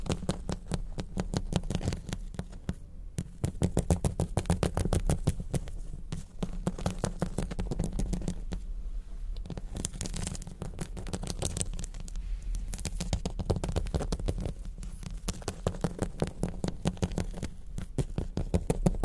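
Crystals, beads and jewels tapped and scratched in a dense, rapid, irregular stream of small clicks over a low steady rumble, briefly thinning near three and nine seconds.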